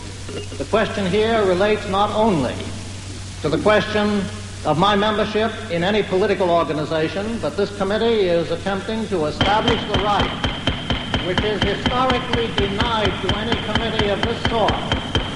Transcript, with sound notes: The question here relates not only to the question of my membership in any political organization, but this committee is attempting to establish the right...
(SOUNDBITE OF GAVEL BANGING)
...Which is historically denied to any committee of this sort.